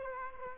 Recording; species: mosquito wingbeat signal from an infrared sensor; Culex quinquefasciatus